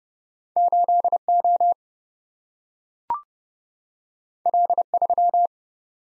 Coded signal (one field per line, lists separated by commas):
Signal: Morse code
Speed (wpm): 30 wpm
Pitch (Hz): 700 Hz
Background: none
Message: 8O L3